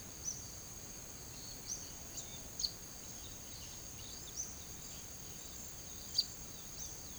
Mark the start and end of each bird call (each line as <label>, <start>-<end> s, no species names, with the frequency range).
bird call (4.6-6.9 kHz), 0.19-0.41 s
bird call (2.8-7.2 kHz), 1.51-2.77 s
bird call (2.1-6.9 kHz), 3.43-4.55 s
bird call (2.4-7.9 kHz), 6.00-7.18 s